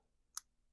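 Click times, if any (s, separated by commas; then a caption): 0.4 s. The XLR connector of a mic cable is pushed into a microphone, and a single short click is heard at 0.4 s over a quiet background. The connector seats in the microphone.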